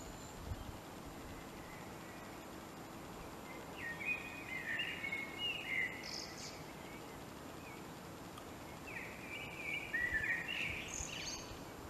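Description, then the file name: Common blackbird song: two mellow warbled phrases several seconds apart, each closing with a brief high squeak, over constant hiss. "Turdus merula"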